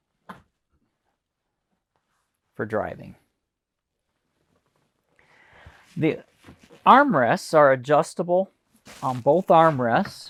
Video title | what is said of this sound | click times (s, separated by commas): 2027 Newmar Dutch Star Walkthrough - Complete Owner Orientation & Feature Guide | You can just rotate the seat around and you'll hear it lock back into the center position | 0.3 s